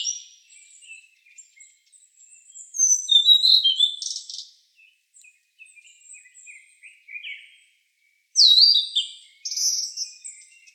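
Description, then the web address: Blue-and-white flycatcher delivering two phrases of high, sweeping whistled notes several seconds apart, with scattered faint notes between. 1 May 2015. "birdenaga ooruri"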